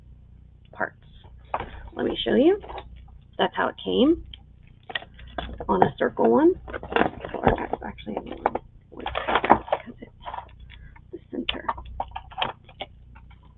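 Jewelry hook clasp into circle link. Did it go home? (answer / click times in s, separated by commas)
yes / 11.5 s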